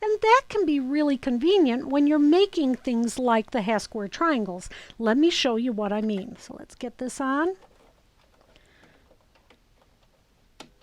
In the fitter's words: Snaps right in place.